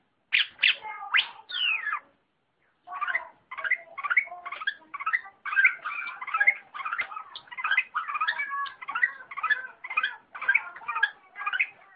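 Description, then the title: Long-tailed shrike song: a dense, fast stream of varied chattering and harsh notes after a brief opening burst and a short pause. Combination (kombinasi) song style. "Cendet Kombinasi"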